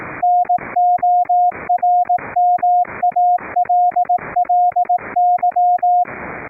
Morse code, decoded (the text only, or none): NORMALLY